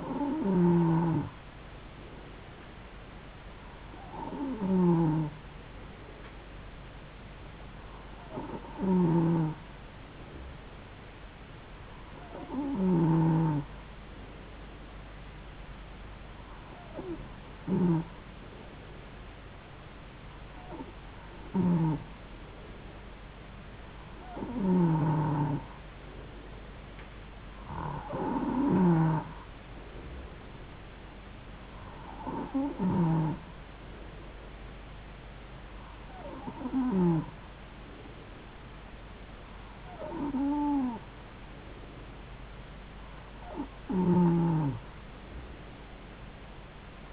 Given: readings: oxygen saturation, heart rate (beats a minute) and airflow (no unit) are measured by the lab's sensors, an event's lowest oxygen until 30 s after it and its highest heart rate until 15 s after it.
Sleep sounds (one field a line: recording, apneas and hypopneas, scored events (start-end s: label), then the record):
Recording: breathing in sleep by a voice recorder at the bedside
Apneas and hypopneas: none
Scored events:
none scored
From the record:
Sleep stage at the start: N2 (light sleep)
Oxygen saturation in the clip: 92 to 93%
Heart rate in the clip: 71 to 75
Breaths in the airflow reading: 12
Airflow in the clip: -3.9 to 2.7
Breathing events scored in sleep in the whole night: 270 in 6.1 hours asleep